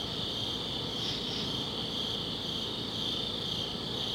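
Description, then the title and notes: Continuous high cricket trill with a pair of brighter chirps early on, soft low background noise throughout. Crickets outdoors at a summit at dusk. "Ext. Summit Crickets, Dusk by Bandeto"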